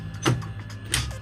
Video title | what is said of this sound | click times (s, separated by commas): Canon XF105 Tutorial | and it will slide and you can can hear a little click and it works fine okay so you got your battery | 0.9 s